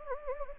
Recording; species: mosquito wingbeat signal from an infrared sensor; Anopheles gambiae